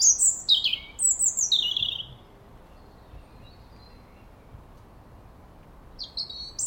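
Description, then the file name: European robin song: sweet high descending phrases for two seconds, a long silence, then another high phrase starting. "Erithacus rubecula"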